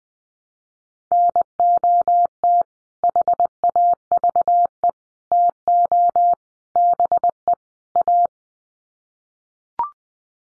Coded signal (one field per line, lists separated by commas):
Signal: Morse code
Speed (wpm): 20 wpm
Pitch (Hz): 700 Hz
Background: none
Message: NOT HAVE TO BE A